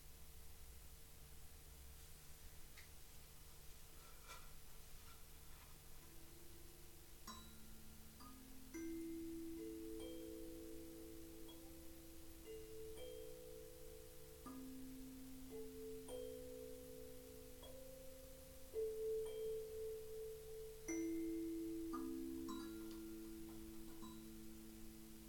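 Singing bowls ring in long overlapping sustained tones, new strikes entering every few seconds over a low steady hum, with faint light clicks.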